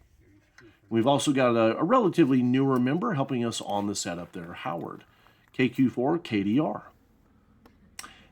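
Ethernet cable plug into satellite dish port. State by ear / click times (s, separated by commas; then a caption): seated / 8.0 s. An ethernet cable plug is pushed into the port on the back of a satellite dish unit during a field setup for emergency communications. Someone talks for most of the clip, then after a pause a sharp, short click at 8.0 s marks the plug latching into place, seated.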